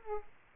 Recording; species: mosquito wingbeat signal from an infrared sensor; Aedes aegypti